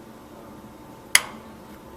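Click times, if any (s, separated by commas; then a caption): 1.1 s. The adjustment knob on a vacuum regulator feeding a manometer is turned fully closed before the pump is started, so vacuum will not surge into the manometer. A single sharp click sounds at 1.2 s over a quiet background, showing the knob is fully closed and completely turned off.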